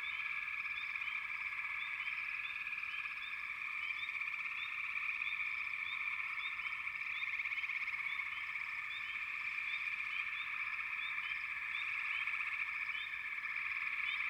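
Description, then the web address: Frogs in a dense chorus: a steady, buzzy trilling wall of overlapping calls with short chirps scattered above it, unbroken throughout. "Sleep Sounds of Nature FROGS. Frog Chourus"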